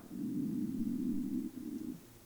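A low, droning gurgle lasts about one and a half seconds, then a brief shorter rumble follows before fading. These are an adult's stomach rumbles (borborygmi) from hunger, a normal sound of gas and fluid moving through an empty gut.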